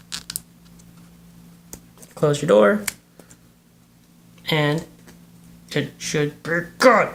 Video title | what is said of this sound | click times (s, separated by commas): Unboxing the GoPro Hero 7 Black | and you put it in the same slot where the battery went and you'll hear a click | 0.3 s